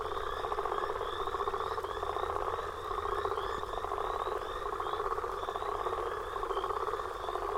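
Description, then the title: Frogs and toads: unbroken frog and toad chorus of rattling, pulsed croaks, with short chirps scattered across the upper layer throughout. Mixed frog and toad chorus recorded after a storm. "Frog And Toad Chorus Post Storm With Thunder"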